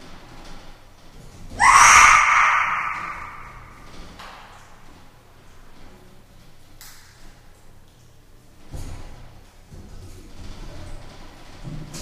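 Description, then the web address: Chimpanzee gives one loud, piercing scream that fades slowly, followed by scattered knocks and clanks. Chimpanzee climbing a cage and making sounds in a large space. "scimpanze che si arrampica sulla gabbia emette suoni in un grande spazio"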